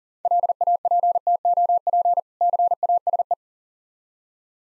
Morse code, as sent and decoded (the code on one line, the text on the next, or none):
.-.. .- .--. - --- .--. / -.-. .- ... .
LAPTOP CASE